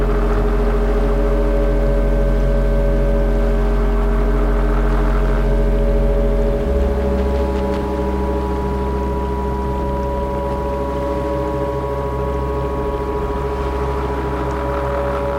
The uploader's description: the sound of the sea in Albania